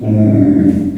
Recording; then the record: squeal of a Yucatan mini pig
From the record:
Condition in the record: after surgery on the right vocal fold (resection and tissue-engineered implant); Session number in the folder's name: 4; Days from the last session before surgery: 26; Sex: female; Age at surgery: 19 weeks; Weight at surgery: 25 kg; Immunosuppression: prednisolone